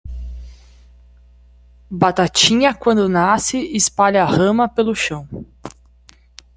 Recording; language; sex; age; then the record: short text; Brazilian Portuguese; female; 30 to 39 years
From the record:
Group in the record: control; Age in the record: 33 years